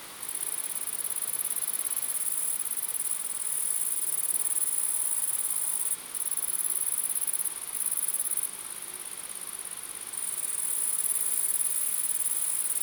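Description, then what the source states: Grasshoppers making a continuous high, sizzling trill, the chorus dipping briefly several times before resuming, over soft rushing noise. Several grasshoppers recorded in windy conditions.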